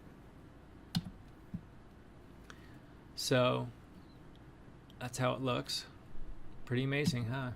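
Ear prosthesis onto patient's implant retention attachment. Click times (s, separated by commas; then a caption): 0.9 s, 2.5 s. A 3D-printed silicone ear prosthesis is pressed onto a patient's implant retention attachment and snaps into place, with sharp clicks at 0.9 s and 2.5 s. Someone then talks. The prosthetic ear is seated.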